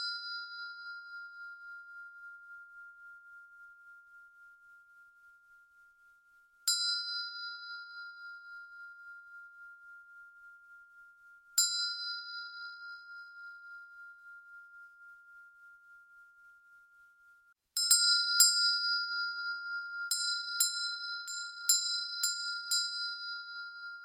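A Tibetan singing bowl is struck about every five seconds, each strike humming steadily as it fades, then rapid repeated strikes near the end.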